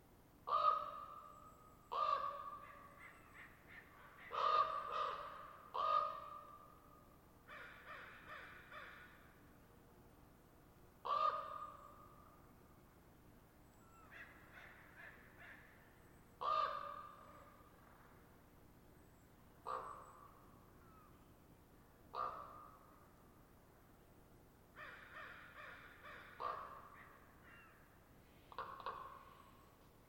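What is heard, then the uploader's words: Ravens and crows call from their roost, harsh caws arriving every few seconds, some singly and some in quick bursts of two or three. Louder, sharper croaks alternate with softer, echoing ones across the whole stretch, over a low, steady hum. The site is a permanent roost for a mob of ravens. On a daily basis, though, their home is utilized by a murder of crows as a staging area for their final roost. After a long day of foraging, the crow gang descends to overrun the area before moving along. They sound agitated.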